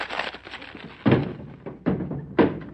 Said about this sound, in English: Don, what was that? The phone booth. My girdle broke.